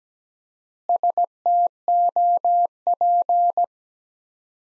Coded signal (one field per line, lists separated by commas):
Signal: Morse code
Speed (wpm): 17 wpm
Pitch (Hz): 700 Hz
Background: none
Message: STOP